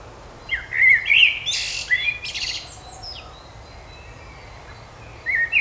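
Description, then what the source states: Bird chirps and warbled whistles in short bursts, broad buzzy bursts in between, then a pause before another warbled phrase at the end. Birds singing in a park.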